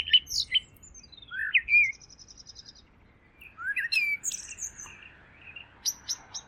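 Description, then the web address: Bird song of jumbled, twittering whistles and high squeaky notes, with a faint rapid trill and soft rustling background noise behind it. "cianscape birddata Deverinetal 2025 File origin Bird Only Tu Me Tu Me"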